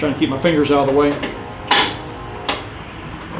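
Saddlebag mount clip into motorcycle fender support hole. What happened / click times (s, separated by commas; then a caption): The mount clip snapped into its hole / 1.7 s, 2.5 s. Someone talks while pushing the second Harley touring saddlebag mount clip, nut side in, over its hole in the motorcycle fender support. Two sharp impact-like hits ring out at 1.7 s and 2.5 s as the clip snaps into place and seats.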